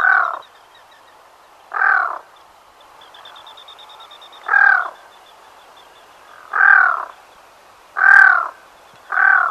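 Black-throated loon repeating hoarse, cawing croaks, six calls spaced one to three seconds apart.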